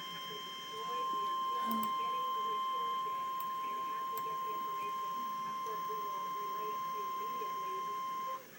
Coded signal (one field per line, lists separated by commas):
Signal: Emergency Alert System (SAME) tones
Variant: 1050 Hz attention tone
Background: speech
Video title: REAL EAS 371-Flash flood warning